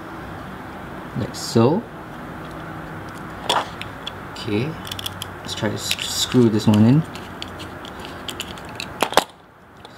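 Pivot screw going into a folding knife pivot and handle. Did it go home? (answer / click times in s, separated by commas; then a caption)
no / none. A pivot screw is tried in a folding knife pivot and handle during reassembly, while someone talks. Small metallic taps and ticks are heard, ending in two sharper clicks near the end. The screw fails to start because the pivot part is not seated, and nothing has seated or clicked into place yet.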